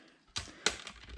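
A magnetic plastic display bezel for a Framework Laptop 13 DIY Edition is pressed onto the laptop lid frame, held by its magnets. A soft tap sounds at about 0.4 seconds, then a sharp click at 0.7 seconds, followed by a fainter tap. The bezel clicks into place and is seated.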